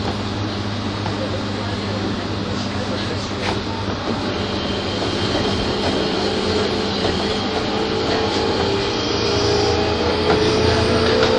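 A train between Tokyo and Takao rumbles steadily with a low hum, faint voices, and a rising whine swelling toward the end.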